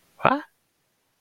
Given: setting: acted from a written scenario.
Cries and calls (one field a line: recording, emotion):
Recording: vocal sound without words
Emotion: positive surprise